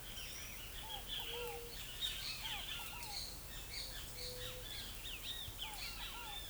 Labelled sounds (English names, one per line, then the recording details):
Ochre-lored Flatbill
White-tipped Dove
Great Kiskadee
Scaled Dove
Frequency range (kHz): White-tipped Dove 0.3-0.6 kHz; Great Kiskadee 1.1-13.4 kHz; Scaled Dove 0.5-1.1 kHz
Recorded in forest near Pivijay, Magdalena, Colombia, on 3 June 2023 at 10:30
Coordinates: 10.467, -74.380
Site Z5-G034